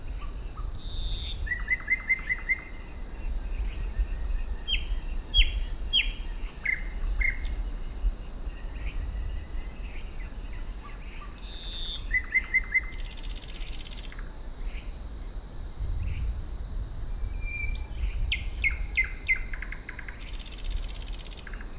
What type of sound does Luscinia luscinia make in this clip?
song